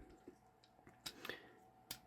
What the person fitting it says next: His little shoulders click into place.